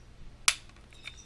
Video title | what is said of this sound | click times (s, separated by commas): Transformers generations Springer review | there you go do you hear it pop | 0.5 s